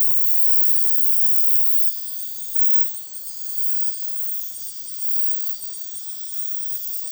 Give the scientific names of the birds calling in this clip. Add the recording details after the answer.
none. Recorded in dense forest near Puerto Asís, Putumayo, Colombia, on 19 February 2024 at 01:00. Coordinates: 0.505, -76.324. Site G6467